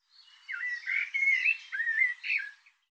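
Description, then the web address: Bird song in a single phrase of slurred whistled notes that rise and fall, lasting under three seconds. Recording cleaned and normalized; bird labelled 'Tu Me Tu Me'. "cianscape birddata Deverinetal 2025 File cleaned normalized Bird Tu Me Tu Me"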